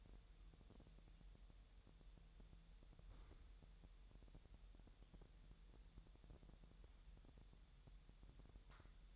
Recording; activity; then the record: daily activity, microphone in the room; wipe stove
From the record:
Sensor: 3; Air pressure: 1000.8 hPa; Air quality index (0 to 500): 248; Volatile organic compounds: 173 ppm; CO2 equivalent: 4117 ppm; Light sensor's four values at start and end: 12/27/11/11 and 12/27/11/11